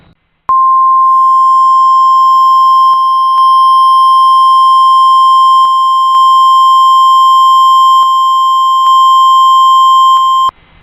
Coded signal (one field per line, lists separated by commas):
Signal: Emergency Alert System (SAME) tones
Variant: 1050 Hz attention tone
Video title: EAS Mock Tornado Watch #2 for AR and TX 1/21/18